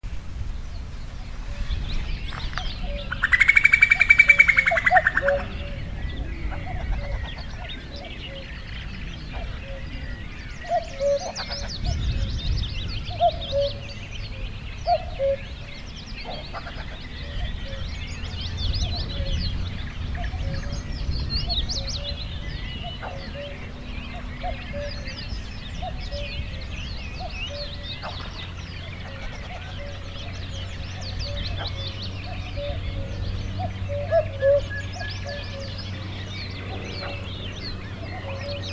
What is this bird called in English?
Common Cuckoo